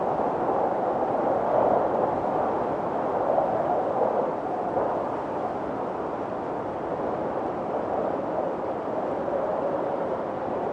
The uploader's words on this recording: Winter windstorm in the mountains. Three hours of cold wind sounds.